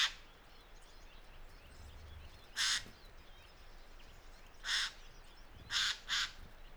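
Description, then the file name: Eurasian jay giving harsh, rasping screeches: one cut off at the start, one alone, then three over the last two seconds, over a soft background hiss. "Garrulus glandarius"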